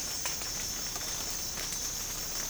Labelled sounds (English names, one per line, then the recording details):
none
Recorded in pastures near Puerto Asís, Putumayo, Colombia, on 20 December 2024 at 05:00
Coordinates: 0.496, -76.326
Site G004